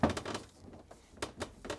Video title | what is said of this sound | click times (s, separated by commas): How to replace ceiling Ice Maker part # W11658802 on your Whirlpool French Door Refrigerator | then firmly press the panel up to lock into place | 0.0 s, 1.2 s